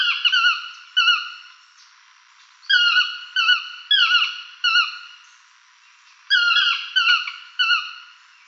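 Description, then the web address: Yellow-throated Toucan song: bursts of three or four yelping, downslurred harmonic notes, each burst separated by pauses of one to two seconds. "chant xeno-canto toucan tocard"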